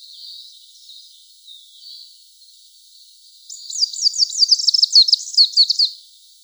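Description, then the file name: Greenish warbler singing a fast, high-pitched jumble of thin descending notes lasting a few seconds, after a few faint soft notes at the start. "Penochka zelenaja"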